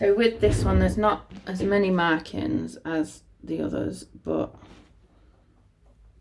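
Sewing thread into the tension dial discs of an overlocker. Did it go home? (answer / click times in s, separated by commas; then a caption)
no / none. Someone talks while holding a sewing thread to guide it into the tension dial discs of a Jaguar Epochlock overlocker, then the speech gives way to faint, quiet handling noise. Nothing has clicked or seated into the tension dial yet.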